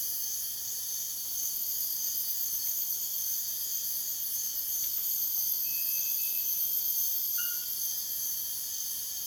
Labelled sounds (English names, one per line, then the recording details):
none
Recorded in dense forest near Puerto Asís, Putumayo, Colombia, on 24 June 2025 at 04:30
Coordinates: 0.484, -76.325
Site H65